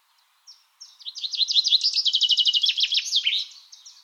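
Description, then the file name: Common chaffinch song: one full phrase of bright descending notes running into a rattling trill and ending with a quick flourish, lasting about three seconds. "Fringilla coelebs"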